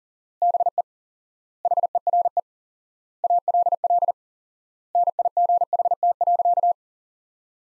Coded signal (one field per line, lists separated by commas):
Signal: Morse code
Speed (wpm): 40 wpm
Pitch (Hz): 700 Hz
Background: none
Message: BE HERE ALL NIGHT.